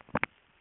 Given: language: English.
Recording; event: throat vibration sensor signal played as sound; swallow